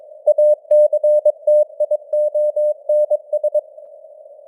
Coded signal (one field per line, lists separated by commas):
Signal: Morse code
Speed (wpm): 22 wpm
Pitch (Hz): 600 Hz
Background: none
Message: ACTIONS